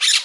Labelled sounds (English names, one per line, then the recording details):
Brown-throated Parakeet contact call
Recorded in Margarita
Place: Rd. to Arenera, R. El Muco
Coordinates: 10.983, -64.362